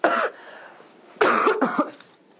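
Three short, harsh cough bursts from an adult woman who is sick with a cold and fuzzy-headed, in a quiet room.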